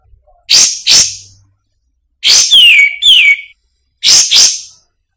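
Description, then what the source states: Grey-cheeked bulbul calls: paired harsh chips, a pair of sweet downslurred whistles, then another pair of harsh chips, with silence between. Masteran, used for training songbirds.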